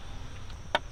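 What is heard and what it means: The second hose quick-connect fitting is pushed home onto a port of a JLT catch can being installed on a 2022 wide body Charger Hellcat. Against a low background hum, one sharp, bright click sounds at 0.8 s as the fitting seats, confirming it is on.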